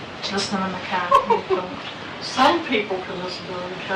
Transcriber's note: laughter